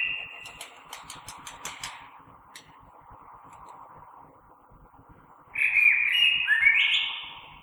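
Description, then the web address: Common blackbird with a run of sharp ticking notes, then a pause, then a mellow fluted song phrase. Recorded 3 March 2020. "oiseaux Merle 2020 03 03"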